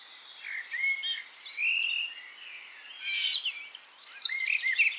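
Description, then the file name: Eurasian blackcap warbling song, a varied run of quick scratchy and sweet notes, with a brighter, higher burst near the end over soft background hiss. "Sylvia atricapilla"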